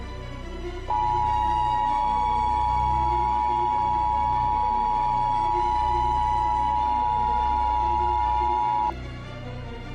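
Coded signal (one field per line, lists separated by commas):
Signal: Emergency Alert System (SAME) tones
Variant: 853 and 960 Hz attention tone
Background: music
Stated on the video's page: Fictional EAS scenario, not meant to be realistic.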